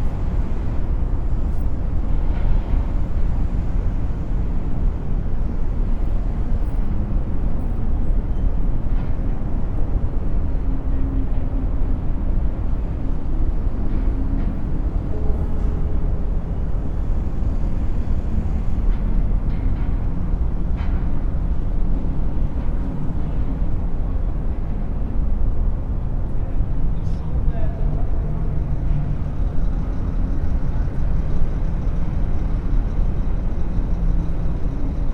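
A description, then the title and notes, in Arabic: A noisy city scene: a thick, steady rumble of traffic fills the whole stretch without pause. Faint voices and passing engines surface now and then beneath it, with occasional light knocks and clicks scattered throughout. مشهد المدينة الصاخب | أصوات من أفق المدينة. نستدرجك لتصعد 20 طابقًا فوق منظر المدينة المتنوع.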